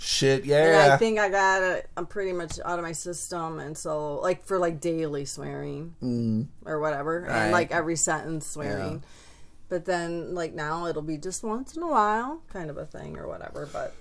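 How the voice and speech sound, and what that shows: One adult talks casually at a relaxed, even pace in a small room, with frequent fillers like "like" and "or whatever" and only brief pauses. The voice is clear and steady with natural pitch movement. This is ordinary fluent conversational speech.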